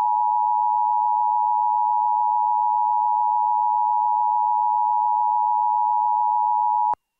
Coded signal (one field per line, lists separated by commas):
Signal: Emergency Alert System (SAME) tones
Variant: 853 and 960 Hz attention tone